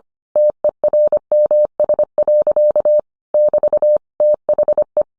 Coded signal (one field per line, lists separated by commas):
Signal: Morse code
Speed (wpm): 25 wpm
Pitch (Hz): 600 Hz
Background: none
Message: TERMS. <BT> THE